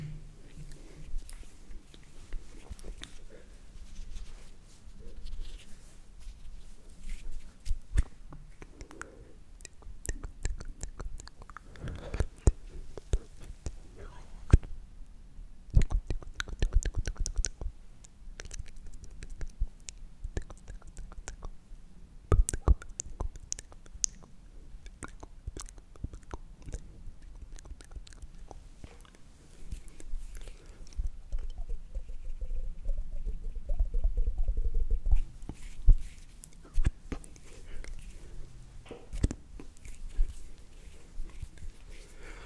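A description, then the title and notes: Mouth sounds: soft wet clicks, smacks and chewing-like noises arrive irregularly over a quiet low hum. Sharp, bright pops stand out near 16, 22 and 35 seconds, with busier stretches around 12 and 34 seconds and calmer gaps between. ASMR Slow & Relaxing MOUTH SOUNDS For Sleep.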